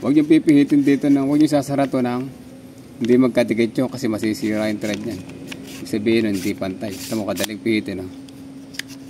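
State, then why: Seated. A man talks while the fuel filter cover on a Ford Everest is pressed and turned on the filter head, and it has to sit flush so the thread is not damaged. A sharp click at 8.8 s shows the cover seating into the filter housing, and a fainter tick follows at 9.1 s.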